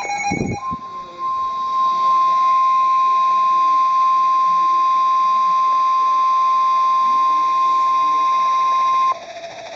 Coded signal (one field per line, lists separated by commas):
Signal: Emergency Alert System (SAME) tones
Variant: 1050 Hz attention tone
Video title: Severe T'storm Warning (EAS #404)